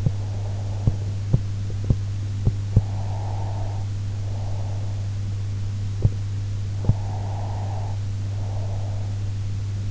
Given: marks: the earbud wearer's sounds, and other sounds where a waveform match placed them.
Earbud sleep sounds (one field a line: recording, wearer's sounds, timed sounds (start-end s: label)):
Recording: sounds in sleep by an in-ear microphone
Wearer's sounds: breath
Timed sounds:
0.00-1.91 s: breath
2.71-5.51 s: breath
6.85-9.60 s: breath